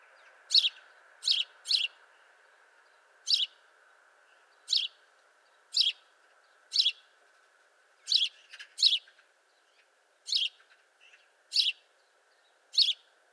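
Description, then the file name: House sparrow chirping, short harsh chirps in irregular series, about twelve throughout, sometimes in quick pairs, over a steady hum. "Passer domesticus"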